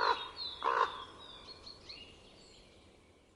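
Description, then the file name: Common raven giving two loud hoarse croaks in quick succession, followed by faint high whistles from small birds. Recorded in winter in Estonia. "ronk"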